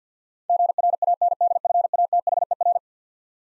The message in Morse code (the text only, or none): GRANDFATHER